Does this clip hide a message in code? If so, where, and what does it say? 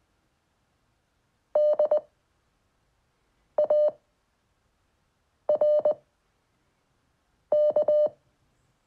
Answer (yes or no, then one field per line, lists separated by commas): yes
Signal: Morse code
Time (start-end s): 1.6-8.1 s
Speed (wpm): 20 wpm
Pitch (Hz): 600 Hz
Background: none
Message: D A R K